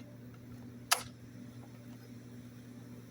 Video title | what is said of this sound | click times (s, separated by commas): Suzuki V-Strom 650 mods | And then I've got a tank bag for it, so this is a tank lock here, and it just clicks in place nice and solid. | 0.9 s